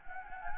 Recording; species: mosquito wingbeat signal from an infrared sensor; Anopheles gambiae